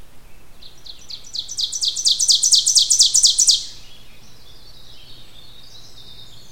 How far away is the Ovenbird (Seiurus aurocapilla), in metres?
about 10 m